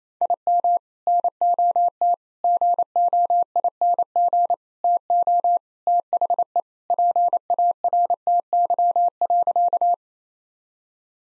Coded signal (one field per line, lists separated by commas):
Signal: Morse code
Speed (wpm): 27 wpm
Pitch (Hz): 700 Hz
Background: none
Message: IM NOT GOING TO THE PARTY.